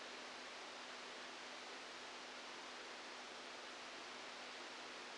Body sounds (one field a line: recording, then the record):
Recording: brain microelectrode recording played as sound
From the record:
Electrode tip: outside the subthalamic nucleus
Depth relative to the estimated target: -8 mm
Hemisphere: left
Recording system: NeuroSet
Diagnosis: Parkinson's disease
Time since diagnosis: 12 years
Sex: male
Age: 61 years